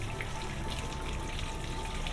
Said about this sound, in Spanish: La fuente no deja de soltar ese flujo permanente que se desprende en múltiples gotas, grandes, pequeñas, chorros, que inundan este fragmento de realidad que parece inmune a cualquier virus.